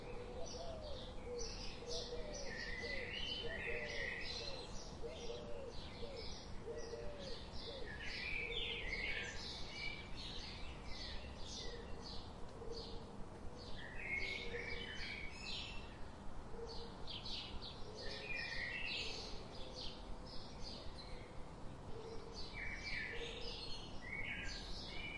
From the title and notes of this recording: Birds relaxing sounds.